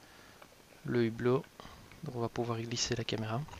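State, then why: Released. A small latch tab on the plastic waterproof housing of a Drift Stealth 2 action camera is slid, giving a short click at 0.4 s as the housing door (porthole) unlocks and is released. Someone talks over it.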